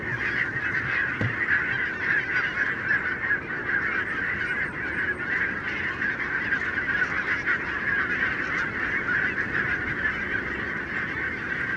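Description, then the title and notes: Barnacle goose: barnacle geese in a huge flock, unbroken chorus of short yapping calls layered into a constant roar, with one brief low thump near the start. Flock of about 20,000 on wintering grounds in winter, Renesse, Netherlands, 12 January 2009; recorded with Nagra LB and Telinga P7. "Renesse - Pays-bas. 20 000 Bernache nonnette ( Branta leucopsis) en Hollande"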